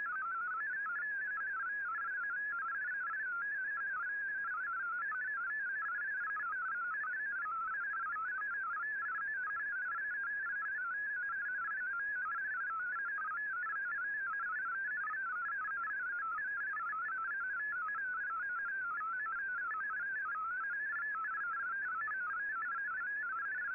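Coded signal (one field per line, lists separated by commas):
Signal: multi-tone FSK (Olivia or MFSK type)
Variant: MFSK32 or MFSK64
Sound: rapid warbling single tone hopping between many close pitches, continuous, like fast melodic chirping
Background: radio static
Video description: Here is my decode of the Shortwave Radiogram broadcast today on 15770Khz shortwave radio at 1300UTC in MFSK32 and 64 with 11 SSTV images.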